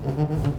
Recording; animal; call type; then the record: contact call of a hoofed animal; goat; low-frequency (closed-mouth) or high-frequency (open-mouth) call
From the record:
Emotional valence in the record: positive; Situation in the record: food anticipation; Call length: 0.59 s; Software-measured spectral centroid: 1510 Hz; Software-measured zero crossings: 560 a second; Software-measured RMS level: -24 dBFS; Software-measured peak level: -11 dBFS